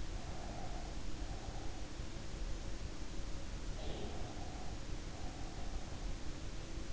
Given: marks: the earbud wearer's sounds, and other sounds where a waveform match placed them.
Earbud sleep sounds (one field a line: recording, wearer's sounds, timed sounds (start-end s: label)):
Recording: sounds in sleep by an in-ear microphone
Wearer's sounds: breath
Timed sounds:
0.17-1.84 s: breath
3.81-5.61 s: breath